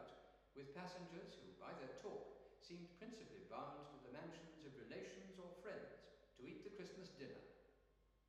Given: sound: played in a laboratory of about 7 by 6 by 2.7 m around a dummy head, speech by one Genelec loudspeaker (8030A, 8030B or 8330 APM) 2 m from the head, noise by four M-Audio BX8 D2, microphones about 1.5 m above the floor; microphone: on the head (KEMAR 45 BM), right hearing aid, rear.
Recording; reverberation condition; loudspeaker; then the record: male speech in English; high; 60 degrees to the right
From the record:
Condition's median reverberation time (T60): about 1300 ms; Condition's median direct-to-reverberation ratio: about -4.0 dB